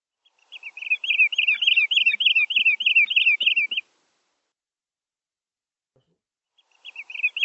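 Bird giving a fast run of bright, looping chirps, about three per second, for roughly three seconds, then silence before the chirps start again at the end.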